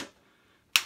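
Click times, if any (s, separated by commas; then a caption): none. A second push on the same bifold door top guide piece, trying to fit it into the door's track/frame, gives a loud knock at 0.8 s after near silence. The piece does not snap in, and nothing has seated or clicked yet.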